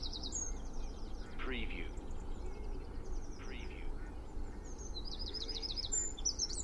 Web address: beanstalk-audio Spring dawn chorus with distant traffic noise Cheshire UK